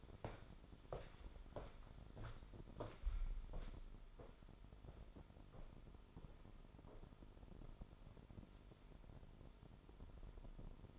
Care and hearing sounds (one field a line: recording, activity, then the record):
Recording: daily activity, microphone in the room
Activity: walk to room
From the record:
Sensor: 5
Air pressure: 988.4 hPa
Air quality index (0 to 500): 198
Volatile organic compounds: 70 ppm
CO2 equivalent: 3516 ppm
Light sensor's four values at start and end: 48/140/56/61 and 47/143/56/60